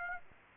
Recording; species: mosquito wingbeat signal from an infrared sensor; Aedes aegypti